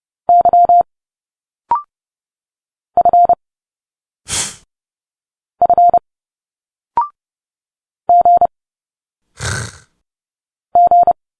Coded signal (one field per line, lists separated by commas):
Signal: Morse code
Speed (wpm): 30 wpm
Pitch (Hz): 700 Hz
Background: none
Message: Y F F G G